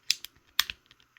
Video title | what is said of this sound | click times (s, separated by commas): Embroidering Grandkids Names on a Large Sweatshirt Sleeve Using Brother PR1055X & Durkee Fast Frames | that one worked really well you could hear the double click I still have to push it on a little bit but it went on pretty easy | 0.1 s, 0.6 s